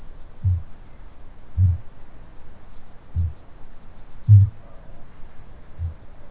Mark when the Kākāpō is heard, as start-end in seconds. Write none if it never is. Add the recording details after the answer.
0.27-1.98, 2.95-4.69, 5.59-6.07. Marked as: faintness 2/5, faintness 3/5. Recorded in New Zealand. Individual Stumpy